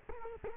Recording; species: mosquito wingbeat signal from an infrared sensor; Culex quinquefasciatus